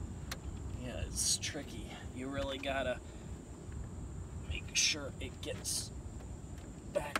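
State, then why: Seated. A plastic interior trim piece on a BMW E46 Convertible, removed for a convertible top hydraulic fluid refill, is worked back into its original position in the car's interior body while someone talks. There is rustling and pressing as it resists, then it clicks into place at 7.2 s.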